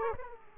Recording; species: mosquito wingbeat signal from an infrared sensor; Aedes aegypti